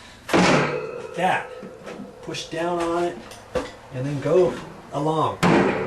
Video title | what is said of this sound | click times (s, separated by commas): Installing a wire closet shelf | and this kind of snaps into place you have to kind of give it an ump | 0.3 s